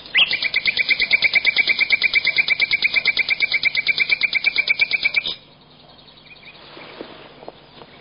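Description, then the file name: Bird trill: an even, fast string of repeated notes for about five seconds, then a stop with only faint scattered sounds. "uccelli birds"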